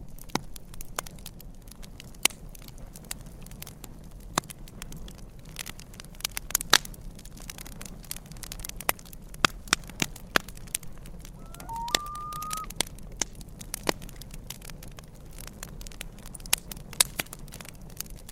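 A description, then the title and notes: A campfire crackles steadily, with sharp irregular pops scattered densely across the whole clip over a low, soft rumble. Around twelve seconds a brief, faint wavering call, likely a loon, rises above the fire for about a second. Loon & Campfire Sounds. Natural crackling campfire sounds alongside soothing loon calls.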